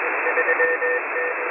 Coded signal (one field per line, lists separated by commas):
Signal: Morse code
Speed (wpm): 21 wpm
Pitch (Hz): 1800 Hz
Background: radio noise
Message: 3T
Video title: M01 Morse Code Numbers 11/09/2022 0700 UTC 6510kHz